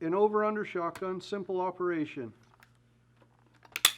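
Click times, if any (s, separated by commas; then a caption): 3.8 s. Someone talks, then the top lever of an over-under shotgun is pushed to the right and the break action is opened. Two sharp metallic clicks from the ejectors sound at 3.8 and 3.9 seconds as the action releases and opens.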